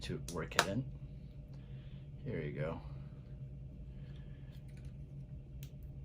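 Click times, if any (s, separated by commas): 5.6 s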